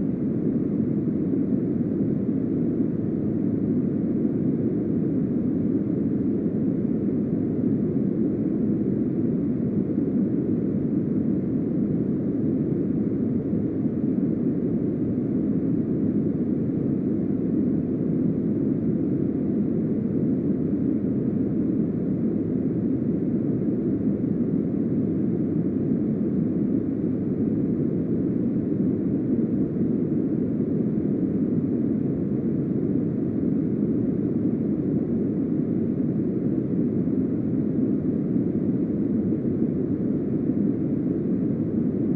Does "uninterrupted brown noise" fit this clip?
yes